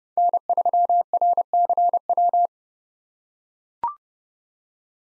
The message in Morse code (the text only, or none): N3RCW